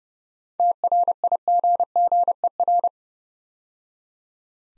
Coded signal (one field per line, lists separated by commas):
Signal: Morse code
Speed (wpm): 31 wpm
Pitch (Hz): 700 Hz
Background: none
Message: TRIGGER